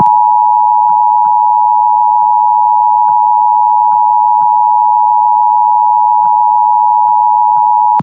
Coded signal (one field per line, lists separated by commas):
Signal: Emergency Alert System (SAME) tones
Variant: 853 and 960 Hz attention tone